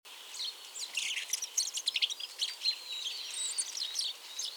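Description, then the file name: European robin song, a rapid jumble of high thin whistles and trills with scratchy notes, loudest in the middle, over a soft hiss. "Erithacus rubecula"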